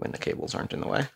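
A clear plastic lid is handled over a Kano Computer Kit case, a Raspberry Pi 3 kit for kids, as it is about to be pressed on once the cables are out of the way. Someone talks throughout, and nothing has seated or snapped into place yet.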